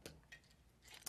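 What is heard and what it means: A drapery cord is brought over the top of a plastic Ripplefold track carrier, with faint clicks of handling at about 0.1 and 0.3 seconds. At 1.1 seconds the cord snaps into the carrier with a short, sharp click, and it is seated.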